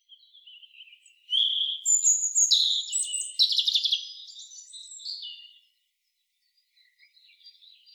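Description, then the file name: European robin pouring out a rich, fast, high-pitched warbling phrase with slurred whistles and trills, then a few soft notes after a pause. "Erithacus rubecula"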